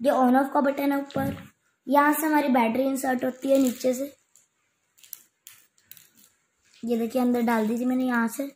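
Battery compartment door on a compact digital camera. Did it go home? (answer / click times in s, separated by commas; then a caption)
no / none. Someone talks while handling the battery compartment door on a Sony Cyber-shot compact digital camera after putting the battery in from below. A few small handling taps and clicks are heard around 4.4 to 6.0 seconds between the speech. The plastic door has not locked shut yet, and nothing has seated or clicked home by the end of the clip.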